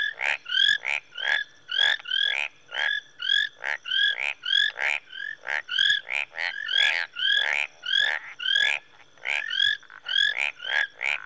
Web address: Sound Effects Library (Africa- The Natural World) Rwanda- Marsh Tree Frogs, early evening